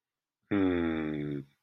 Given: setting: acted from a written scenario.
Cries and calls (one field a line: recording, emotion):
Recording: vocal sound without words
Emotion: contentment